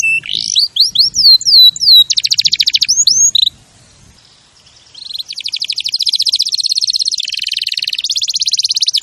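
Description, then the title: Canary gives bright whistled slurs and a quick trill, falls silent briefly, then resumes with a long, steady, rapidly repeated rolling trill. Champion canary song used as a master recording for tutoring other birds. "Masteran Kenari Juara"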